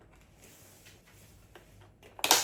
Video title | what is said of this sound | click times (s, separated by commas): Aspirateur Laveur ECOVACS Deebot X5 OMNI: Deballage & Installation (1/6) | Ça y est, c'est clipsé. | 2.2 s, 2.3 s